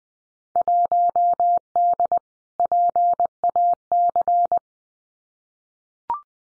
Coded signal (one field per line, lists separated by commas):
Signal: Morse code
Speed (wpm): 20 wpm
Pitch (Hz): 700 Hz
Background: none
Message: 1D PAC